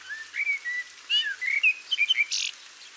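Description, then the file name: Common blackbird: short whistled and warbled notes in quick uneven succession, with a brief harsh buzzy burst near the end; faint steady hiss behind. "Turdus merula"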